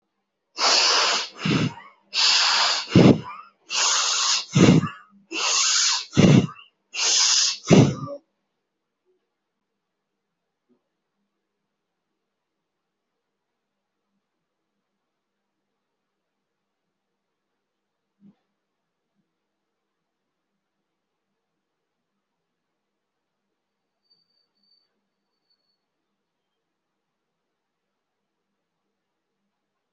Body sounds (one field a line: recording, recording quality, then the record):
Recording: shallow breathing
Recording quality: excellent, no background noise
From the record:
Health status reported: healthy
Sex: male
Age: 50 years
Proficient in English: yes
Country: India